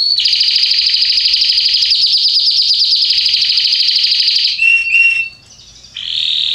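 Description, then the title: Canary song: a long, steady, rapid trill of pulsed notes for over four seconds, followed by a few whistled notes, a pause, and a new trill. Red Belgian canary singing. "Canário Belga Vermelho Cantando"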